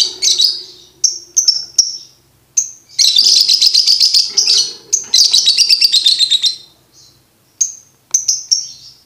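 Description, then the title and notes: Lovebird song mixing high chirps with two long, rattling buzzy trills in the middle, then a few separate chirps toward the end. Used to train birds to learn ngekek singing. "MASTERAN BURUNG 2. Belajar Ngekek. lofbet"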